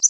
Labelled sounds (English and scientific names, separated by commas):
Connecticut Warbler (Oporornis agilis) flight call